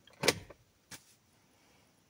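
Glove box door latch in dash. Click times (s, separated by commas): 0.3 s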